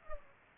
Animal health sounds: mosquito wingbeat signal from an infrared sensor; Culex pipiens

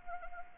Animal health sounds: mosquito wingbeat signal from an infrared sensor; Anopheles gambiae

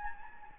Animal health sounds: mosquito wingbeat signal from an infrared sensor; Anopheles gambiae

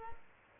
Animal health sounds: mosquito wingbeat signal from an infrared sensor; Aedes aegypti

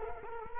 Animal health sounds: mosquito wingbeat signal from an infrared sensor; Culex quinquefasciatus

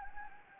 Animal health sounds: mosquito wingbeat signal from an infrared sensor; Anopheles gambiae

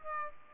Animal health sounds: mosquito wingbeat signal from an infrared sensor; Aedes albopictus

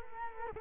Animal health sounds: mosquito wingbeat signal from an infrared sensor; Culex quinquefasciatus

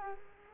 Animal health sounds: mosquito wingbeat signal from an infrared sensor; Culex quinquefasciatus

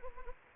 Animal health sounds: mosquito wingbeat signal from an infrared sensor; Anopheles gambiae

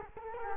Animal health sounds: mosquito wingbeat signal from an infrared sensor; Culex quinquefasciatus

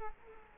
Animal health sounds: mosquito wingbeat signal from an infrared sensor; Culex quinquefasciatus

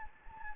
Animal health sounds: mosquito wingbeat signal from an infrared sensor; Anopheles gambiae

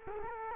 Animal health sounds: mosquito wingbeat signal from an infrared sensor; Culex quinquefasciatus

